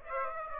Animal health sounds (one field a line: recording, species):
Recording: mosquito wingbeat signal from an infrared sensor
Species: Aedes aegypti